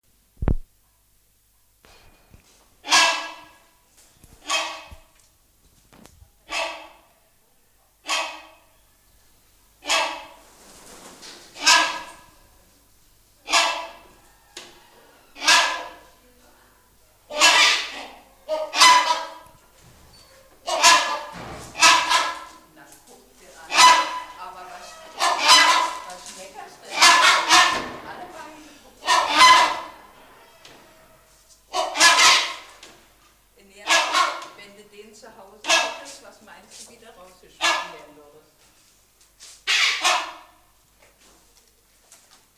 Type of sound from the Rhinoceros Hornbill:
call